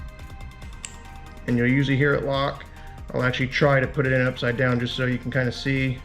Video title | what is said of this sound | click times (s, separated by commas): Automotive Electrical Connectors - How to repair a L51B2 pigtail connector, Hyundai, Kia Horn | in and you'll usually hear it lock | 0.9 s